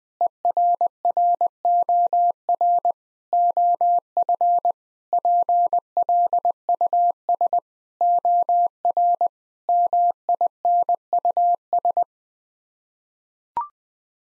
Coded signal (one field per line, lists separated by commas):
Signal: Morse code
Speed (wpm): 20 wpm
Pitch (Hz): 700 Hz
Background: none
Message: ERROR OF PLUS OR MINUS